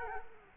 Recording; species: mosquito wingbeat signal from an infrared sensor; Culex quinquefasciatus